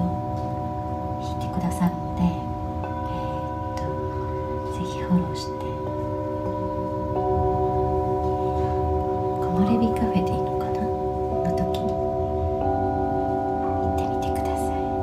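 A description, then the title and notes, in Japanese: Tibetan singing bowls ring in a long, steady sustained drone of overlapping pure tones, with new bowls struck around 3, 6, 7 and 12 seconds joining the hum. Low murmuring voices and soft rustles sit underneath, with a brief bright swell near 10 seconds. メキシコからチベタンシンギングボウルのサウンドヒーリングライブ。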